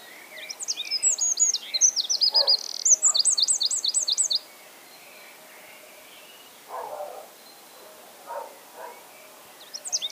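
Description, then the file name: Eurasian wren giving a fast, shrill song of tumbling high notes and rattling trills for about four seconds, followed by soft low calls in the background and the start of another song. "Troglodytes troglodytes"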